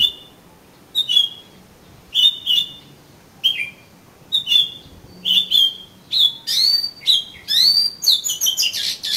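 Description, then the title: Oriental magpie-robin song: clear whistled phrases spaced about a second apart, then speeding into a dense run of sweeping, rising notes at the end. "Kacer Kacer"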